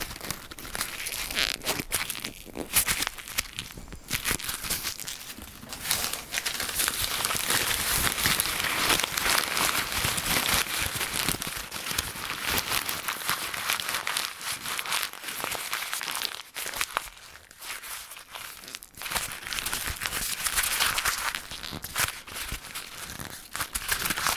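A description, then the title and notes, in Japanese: Newspaper being crumpled, torn and balled up: dense, continuous crinkling and rustling, bright and crackly, with sharper tearing bursts throughout the recording. 紙の音ASMR 新聞紙をくしゃくしゃ…やぶる、しわくちゃ、丸める！paper sound。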